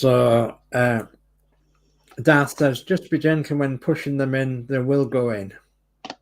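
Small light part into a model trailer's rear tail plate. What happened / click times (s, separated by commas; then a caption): Handled, not yet home: small model part being pushed in, though a sharp tick appears at the very end / none. Someone talks while handling a small light part, probably a rear light, being pushed into the rear tail plate of a 1/12 scale model truck trailer, with a brief sharp handling tick near 6.1 s. Nothing has seated or clicked into place yet.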